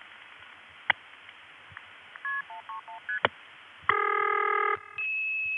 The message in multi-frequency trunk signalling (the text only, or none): KP131ST